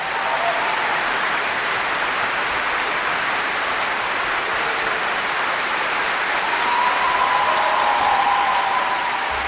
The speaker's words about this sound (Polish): Ogromne brawa